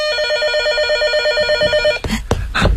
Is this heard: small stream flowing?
no